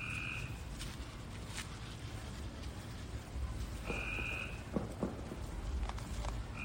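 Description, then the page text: Cope's gray treefrog giving short, harsh buzzing trills about half a second long, repeated roughly every three to four seconds, over steady low background noise. Maryland, United States. "Maryland Biodiversity. Copes Gray Treefrog ( Hyla chrysoscelis )"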